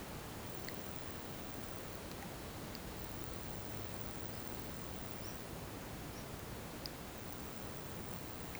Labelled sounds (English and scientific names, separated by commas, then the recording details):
none
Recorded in pastures near Puerto Asís, Putumayo, Colombia, on 21 March 2025 at 14:00
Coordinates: 0.486, -76.323
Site G075